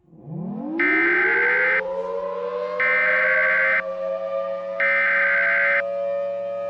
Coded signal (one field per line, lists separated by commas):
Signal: Emergency Alert System (SAME) tones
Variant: header bursts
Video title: *VALID TONES* 10/20/19 North Dallas Tornado (EAS Compilation)